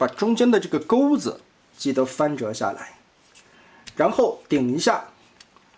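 Someone talks while pushing a folded plastic panel of a Transformers SS86 Devastator loader transforming toy into its combined-mode frame, with the middle hook folded down. A small sharp tick is heard at 5.4 s as the panel clicks and locks into place, seated.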